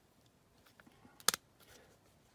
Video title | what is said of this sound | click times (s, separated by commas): BMC Mini - Paddy Hopkirk 1964 Monte Carlo Rally - Die Cast Restoration- #diecast #diecastcollector | Clicks into position. | 1.3 s